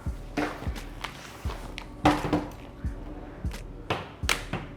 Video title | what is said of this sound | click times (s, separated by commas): Unboxing & Assembling A Bumbleride Indie All Terrain Stroller - New Collection | When you hear the click, you know it's open and locked. | 4.3 s